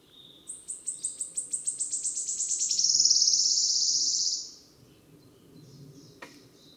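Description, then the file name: Wood warbler song with about a dozen high ticking notes that quicken and run together into a loud, shivering trill lasting over a second, then faint chirps. Recorded 10 May 2008. "20080510 1117 Phylloscopus sibilatrix"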